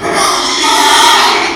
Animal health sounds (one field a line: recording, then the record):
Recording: squeal of a Yucatan mini pig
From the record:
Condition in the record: after surgery on the right vocal fold (resection and tissue-engineered implant)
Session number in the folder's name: 2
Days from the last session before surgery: 13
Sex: male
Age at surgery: 12 weeks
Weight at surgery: 13 kg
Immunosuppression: cyclosporine, prednisolone